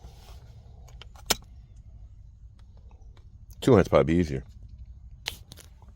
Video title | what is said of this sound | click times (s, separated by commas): 2019-2021 Honda Civic Front And Rear Dash Cam Install. Full Installation. | there you go snapped into place so Don't Panic it's fine make sure it didn't break | 5.3 s